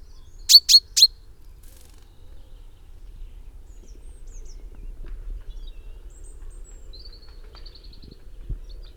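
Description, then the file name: Common chaffinch call notes, three quick sharp chips in a row early on, then faint high twitters in the background. "Fringilla coelebs"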